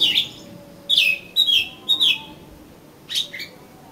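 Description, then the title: Oriental magpie-robin with short, sharp descending whistles and chirps, several in quick succession, then a pause and two more notes. "Kacer Kacer"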